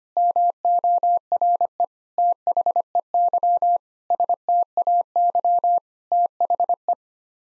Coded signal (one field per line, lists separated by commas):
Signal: Morse code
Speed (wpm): 25 wpm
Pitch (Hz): 700 Hz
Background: none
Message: MORE THEY STAY THE